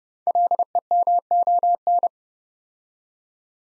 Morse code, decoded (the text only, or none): LEMON